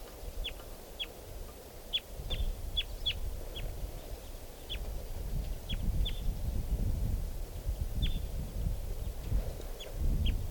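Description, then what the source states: Red Crossbill calls: many short, sharp downslurred notes, given singly and in pairs, over a low rumbling background. Recorded at 11:45; bird in the tree above the car; many crossbills in the area, only type 2 and type 4 so far.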